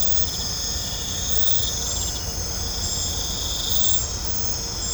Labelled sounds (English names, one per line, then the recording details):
none
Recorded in pastures near Puerto Asís, Putumayo, Colombia, on 18 December 2024 at 22:30
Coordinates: 0.502, -76.324
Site G077